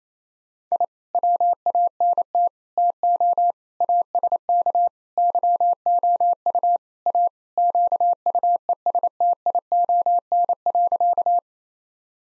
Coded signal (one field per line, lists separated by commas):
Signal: Morse code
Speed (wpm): 27 wpm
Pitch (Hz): 700 Hz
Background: none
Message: I WANT TO ASK YOU A QUESTION.